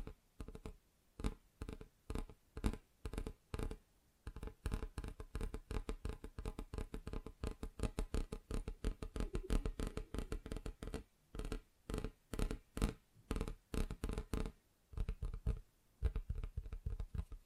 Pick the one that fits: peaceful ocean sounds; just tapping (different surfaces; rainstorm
just tapping (different surfaces